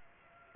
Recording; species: mosquito wingbeat signal from an infrared sensor; Aedes aegypti